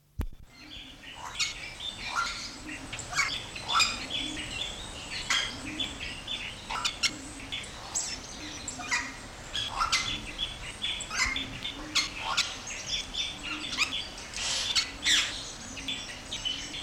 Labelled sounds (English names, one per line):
Red-and-yellow Barbet call